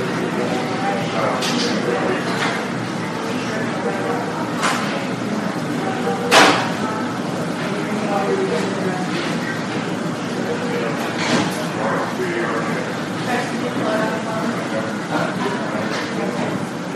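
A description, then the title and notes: A hospital emergency room hums with overlapping voices and steady murmur, broken by sharp clatters, the loudest near six seconds, and scattered clicks. Hospital Emergency Room.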